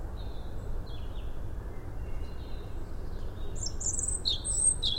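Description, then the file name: European robin, faint high notes early on, then a thin, wavering, high-pitched warbled phrase in the last seconds over low rumble. "Erithacus rubecula"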